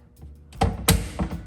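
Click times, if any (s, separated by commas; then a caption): 0.9 s. A cabinet door's extended hinge hardware is lined up with the hinge plate inside the case of an Indi doublewide dresser/changer and pushed on. A thunk at 0.6 s is followed by a sharp, loud click at 0.9 s, then softer knocks around 1.2 to 1.3 s. The hinge clicks onto the mounting plate at 0.9 s and is seated.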